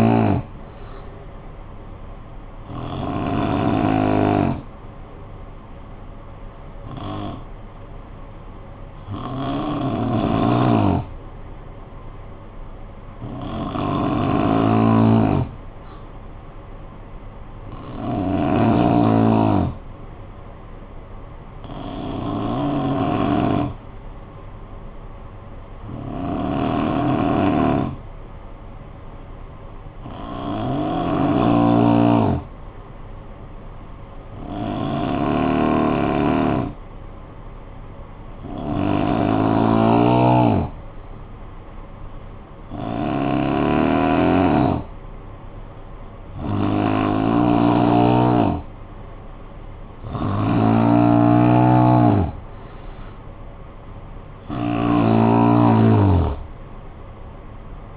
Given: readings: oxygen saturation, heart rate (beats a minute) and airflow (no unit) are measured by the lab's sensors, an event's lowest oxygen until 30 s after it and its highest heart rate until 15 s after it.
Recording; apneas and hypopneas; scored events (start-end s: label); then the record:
breathing in sleep by a smartphone at the bedside; 1
23.00-52.00 s: hypopnea (N3, oxygen 93% highest, then 87% lowest, heart rate 56 at the start, 65 highest)
From the record:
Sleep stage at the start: N3 (deep sleep); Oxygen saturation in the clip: 83 to 93%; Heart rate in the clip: 52 to 62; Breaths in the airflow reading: 15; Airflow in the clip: -7.4 to 7.6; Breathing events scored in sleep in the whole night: 445 in 7.6 hours asleep